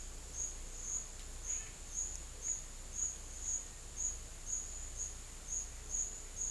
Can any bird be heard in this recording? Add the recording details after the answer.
no. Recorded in secondary vegetation near Puerto Asís, Putumayo, Colombia, on 18 December 2024 at 10:30. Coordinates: 0.488, -76.319. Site GP04